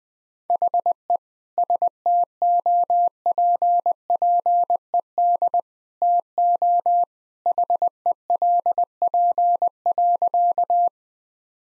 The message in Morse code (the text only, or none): HE STOPPED TO HELP.